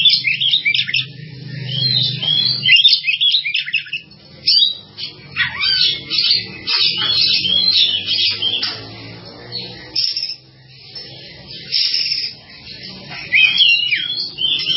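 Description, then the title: Java sparrow singing almost continuously: rapid high chirps and clicks tumbling together, with a faint low hum underneath. "kicau gelatik"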